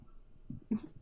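A faint, low rumbling snort in a quiet room, followed by a louder, breathy, airy exhale: a single snore cycle from a sleeping female pet dog, heard in the background.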